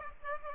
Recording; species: mosquito wingbeat signal from an infrared sensor; Aedes aegypti